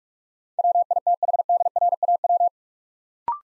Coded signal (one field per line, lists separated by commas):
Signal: Morse code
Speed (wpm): 44 wpm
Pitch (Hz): 700 Hz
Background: none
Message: WITHDRAW